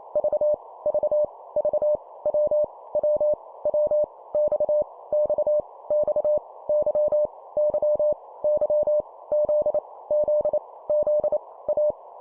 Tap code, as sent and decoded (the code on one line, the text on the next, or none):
none